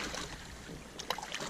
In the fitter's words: Tamam tık sesini duyuyorsunuz Ondan sonra tamamlanmış oluyor